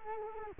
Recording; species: mosquito wingbeat signal from an infrared sensor; Culex quinquefasciatus